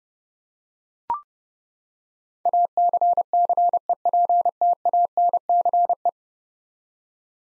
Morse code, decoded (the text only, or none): ACCEPTANCE